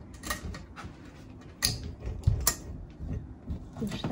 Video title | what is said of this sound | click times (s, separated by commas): How to mount a tv on a wall with no studs | that in hear the click | 2.5 s